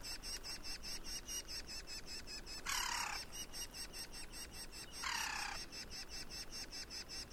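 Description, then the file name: Woodpecker giving two harsh, buzzy half-second calls about two seconds apart, over a steady fast pulsing insect chorus. "050723-wkpkr"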